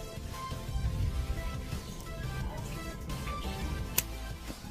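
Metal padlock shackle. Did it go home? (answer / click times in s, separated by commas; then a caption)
released / 4.0 s. A homemade shim tool is inserted beside the shackle of a locked padlock and slowly turned to push the locking pin aside, with music playing throughout. A sharp click at 3.9 s marks the shackle springing open and releasing from the lock body.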